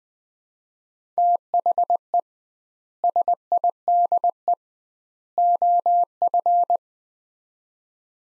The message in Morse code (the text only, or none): THE SIDE OF